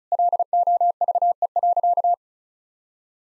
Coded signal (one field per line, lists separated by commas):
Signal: Morse code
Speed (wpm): 34 wpm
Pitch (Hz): 700 Hz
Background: none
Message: LOVE.